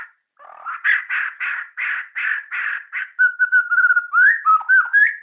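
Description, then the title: Shama song: a run of several harsh, buzzy rasping notes, then a clear level whistle that breaks into quick rising and falling whistled phrases. Borneo. "MURAI BORNEO MAS KIKI"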